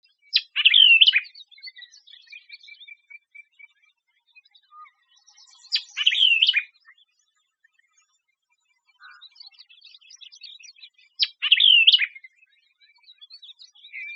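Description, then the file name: White-eyed vireo song, an emphatic phrase of sharp, slurred notes repeated about every five seconds, with quieter twittering between phrases. Texas, USA, 26 June 2005. "WEVI TX 062605"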